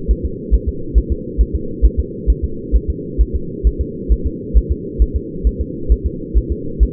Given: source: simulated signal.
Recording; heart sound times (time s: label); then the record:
fetal heart sounds
0.11 s: S1
0.25 s: S2
0.54 s: S1
0.69 s: S2
0.98 s: S1
1.12 s: S2
1.41 s: S1
1.55 s: S2
1.85 s: S1
2.00 s: S2
2.30 s: S1
2.44 s: S2
2.76 s: S1
2.90 s: S2
3.21 s: S1
3.35 s: S2
3.67 s: S1
3.81 s: S2
4.12 s: S1
4.26 s: S2
4.57 s: S1
4.72 s: S2
5.02 s: S1
5.16 s: S2
5.47 s: S1
5.61 s: S2
5.92 s: S1
6.06 s: S2
6.38 s: S1
6.52 s: S2
6.83 s: S1
From the record:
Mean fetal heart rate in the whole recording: 135 bpm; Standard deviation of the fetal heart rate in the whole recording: 3 bpm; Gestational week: 34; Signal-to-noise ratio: -4.3 dB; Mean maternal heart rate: 72 bpm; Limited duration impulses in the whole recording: absent